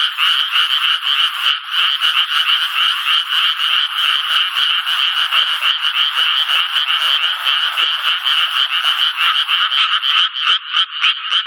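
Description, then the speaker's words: Japanese tree frog calling continuously, harsh quacking notes repeated quickly and unevenly in a dense buzzing series with no pause. Frogs begin calling when rain seems about to fall or when it turns cool in the evening; heard from June onward. "雨が降り出しそうなときや夕方になって涼しくなりますと、カエルは鳴き始めるわけですね。"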